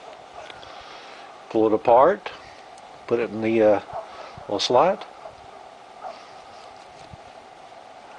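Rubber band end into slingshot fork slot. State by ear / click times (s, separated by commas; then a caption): not seated / none. A rubber band end is placed into the little slot on a slingshot fork and worked down by hand while someone talks. Soft handling noises sit under three bursts of speech, with a faint tap near 0.5 s. Nothing has seated or clicked yet.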